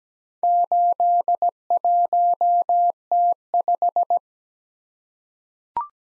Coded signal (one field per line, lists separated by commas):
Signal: Morse code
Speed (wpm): 17 wpm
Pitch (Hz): 700 Hz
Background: none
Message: 81T5